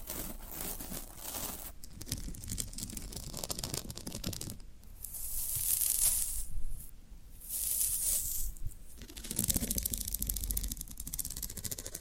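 Floral foam being handled, with a continuous crumbly, scratchy rasping that swells into brighter crunching bursts around six and eight seconds, then quiets.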